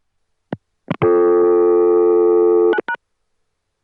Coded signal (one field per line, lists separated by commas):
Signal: telephone call progress tone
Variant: North America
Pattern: dial tone